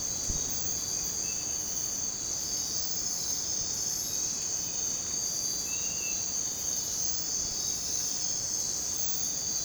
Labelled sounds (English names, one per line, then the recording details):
none
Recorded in dense forest near Puerto Asís, Putumayo, Colombia, on 21 December 2024 at 05:00
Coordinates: 0.466, -76.327
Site G075